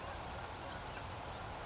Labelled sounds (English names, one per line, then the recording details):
Western Flycatcher
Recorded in Sonoma County, California